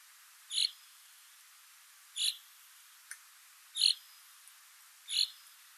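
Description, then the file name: Common chaffinch giving sharp, bright single call notes, four in all plus a fainter one between them, spaced about every one and a half seconds against quiet background hiss. "Fringilla coelebs"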